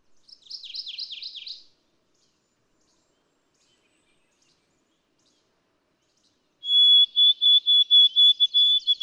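White-throated sparrow singing a steady, high, pure whistle chopped into quick repeated beats on a single pitch, preceded by a brief fast run of downslurred notes.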